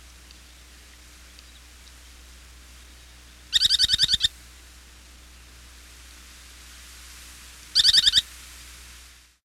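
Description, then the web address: Semipalmated Sandpiper giving two short, harsh, pulsed trills about four seconds apart, each a quick run of rattling notes, with quiet background hiss between. "101 Bird Songs. Semipalmated Sandpiper"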